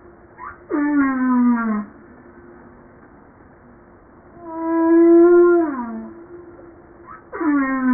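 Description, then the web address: Humpback whale song, descending harmonic moans alternating with a steady tonal moan that drops at its end, repeated every few seconds, over a faint constant hum. Recorded 5 March 1994. "pub JASA 2013 Blue Bowhead Fin Humpback Southern Right Whale humpback-01 940305-0952"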